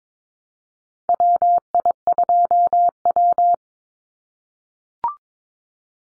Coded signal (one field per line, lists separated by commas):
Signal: Morse code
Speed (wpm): 22 wpm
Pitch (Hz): 700 Hz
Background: none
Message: WI2W